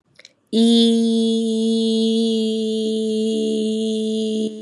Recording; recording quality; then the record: sustained vowel as in beet; excellent, no background noise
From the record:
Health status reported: exposed to COVID-19, no respiratory illness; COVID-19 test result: negative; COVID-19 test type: RT-PCR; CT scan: not taken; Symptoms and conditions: none ticked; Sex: female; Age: 25 years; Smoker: no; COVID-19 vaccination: both doses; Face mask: not worn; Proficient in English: yes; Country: India